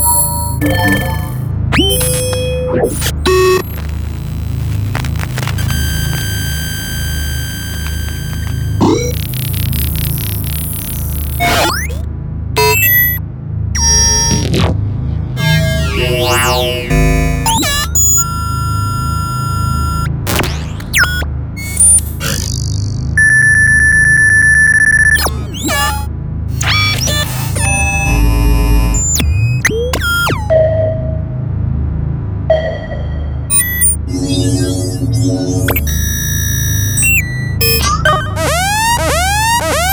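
A dense run of sci-fi interface sounds: rapid beeps, buzzing high-pitched tones, clicks and short sweeping transitions follow each other every second or so for the whole forty seconds. A steady low hum sits underneath, and bright pings and chirps stand out near the end.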